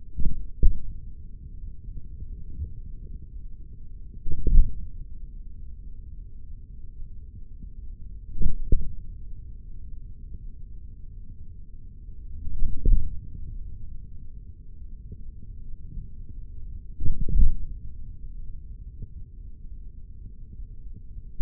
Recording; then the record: forearm muscle sounds (acoustic myography)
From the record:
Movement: hand closing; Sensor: system 3, bracelet of six PUI Audio POM-2738L microphones around the upper forearm, with dedicated amplification and filtering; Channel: 4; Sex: male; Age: 56 years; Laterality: right